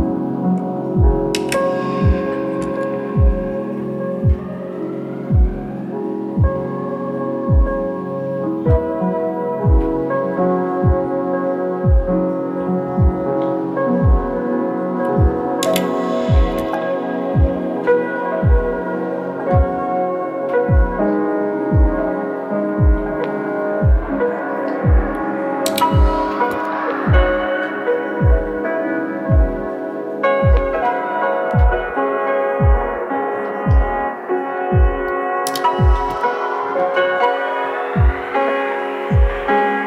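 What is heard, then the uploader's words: An old family piano plays a steady, regular pattern of low thumping notes under sustained middle chords, with bright accents recurring roughly every ten seconds. A piano which belonged to my great grandmother. This is from 1873 and sounds unbelievably lovely. Recorded with a dynamic mic going into a Doepfer A-119 and recorded by the Morphagene.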